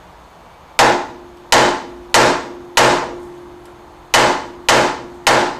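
During a lever shock absorber replacement on a classic Austin-Healey, a steel shock absorber part sits in its mounting on the car not fully home, with a gap wide enough to fit a finger. The part is struck several times, giving sharp, ringing metallic knocks at 0.8, 1.5, 2.1, 2.8, 4.1 and 4.7 seconds, each decaying quickly. The knock shows the part is not seated properly; it is then to be tapped back home with a brass drift, brass on steel so as not to damage it.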